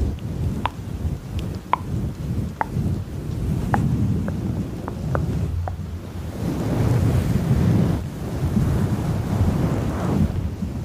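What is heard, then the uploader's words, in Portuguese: Rain makes a dense, low, rumbling wash that swells after six seconds, with sharp little clicks and taps scattered through the first half. ASMR no Escurinho de uma Noite Chuvosa. Sons de Chuva e Sons de Boca.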